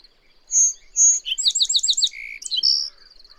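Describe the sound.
A small bird's song, high and musical, opening with two pure whistles, then a rapid rippling series of sliding notes, a lower burry note and a sharp ending.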